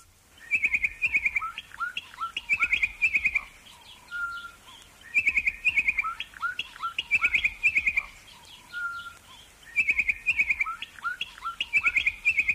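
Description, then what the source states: Bokmakierie giving loud, ringing whistled phrases of quick repeated notes, the pattern returning roughly every four to five seconds, with a single clear whistle between bursts. Shrike of South Africa and Namibia named from its call, a range of loud whistles and calls, sometimes a duet with another bird; played from a radio station's sign-on routine.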